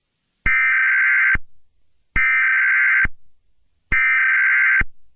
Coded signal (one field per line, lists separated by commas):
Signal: Emergency Alert System (SAME) tones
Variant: header bursts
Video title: EAS Scenario- The Town Where Nothing Happens